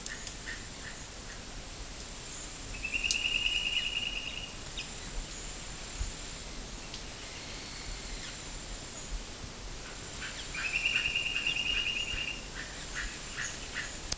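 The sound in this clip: Bird trills: two long, high, buzzy rattling trills about eight seconds apart, with faint ticking sounds and steady background hiss.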